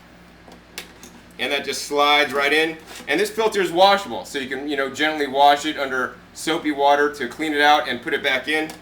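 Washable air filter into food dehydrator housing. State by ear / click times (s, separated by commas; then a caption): not seated / none. A washable air filter is handled at its slot in the housing of a Lequip FilterPro food dehydrator, with two brief sharp sounds at about 0.8 s and 1.0 s before someone talks for the rest of the clip. Nothing has seated or clicked into place yet.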